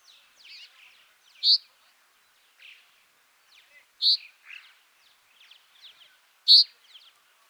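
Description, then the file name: Common chaffinch calls: three loud, brief high notes about every two and a half seconds, mixed with quieter twittering. "Fringilla coelebs"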